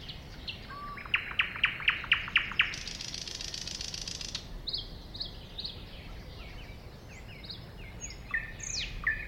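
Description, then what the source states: Thrush nightingale song: a run of sharp repeated clicking notes, a dry buzzy rattle, then varied short whistled and chirping phrases. At a woodland edge next to a lake.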